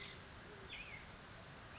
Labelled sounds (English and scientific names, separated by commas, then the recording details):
Black-headed Grosbeak (Pheucticus melanocephalus)
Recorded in Sonoma County, California